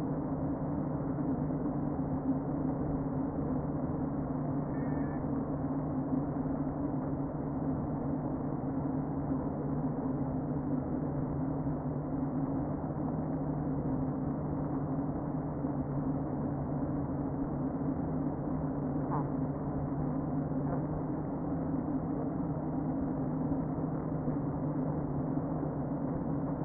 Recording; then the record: honeybee colony, microphone inside the hive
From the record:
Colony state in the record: queen present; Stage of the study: before two queens were removed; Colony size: about 60,000 bees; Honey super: yes